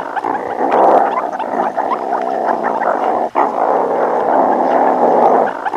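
Meerkat growling call: a harsh, nearly continuous rasping growl, steady in loudness, with one brief pause midway.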